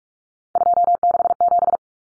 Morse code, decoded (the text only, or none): 267